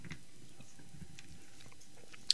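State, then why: Seated. A black Carl Zeiss Flektogon 35mm f2.4 lens, converted with a custom Nikon F backplate, has its mark lined up with the white dot on the camera body and is twisted onto the camera's bayonet mount. Faint soft ticks and scraping are heard during the turn, then a sharp, loud click at 2.3 s as the lock engages. The lens is seated on the mount.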